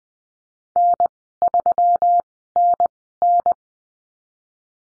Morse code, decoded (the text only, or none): N3NN